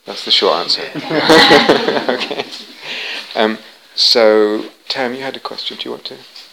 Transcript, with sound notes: That's the short answer. [laughter] Okay? So Tam, you had a question? Do you want to...?